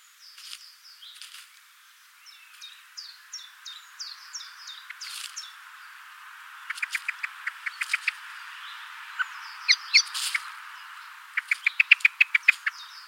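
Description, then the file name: Common blackbird giving sharp clicking calls in quick bursts, one around the middle and a faster run near the end, with thin high chirps earlier. "Turdus merula"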